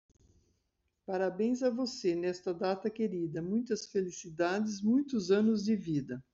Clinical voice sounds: short text; Brazilian Portuguese; female; 60 to 69 years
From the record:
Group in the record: control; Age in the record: 63 years

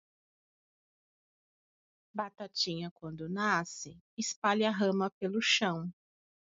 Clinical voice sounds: short text; Brazilian Portuguese; female; 40 to 49 years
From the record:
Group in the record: control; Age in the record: 45 years

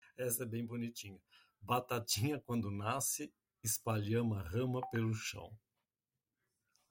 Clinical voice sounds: short text; Brazilian Portuguese; male; 60 to 69 years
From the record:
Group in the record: control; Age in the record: 63 years

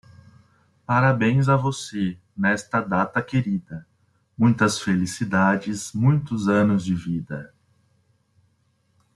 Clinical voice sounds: short text; Brazilian Portuguese; male; 30 to 39 years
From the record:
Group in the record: control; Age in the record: 36 years

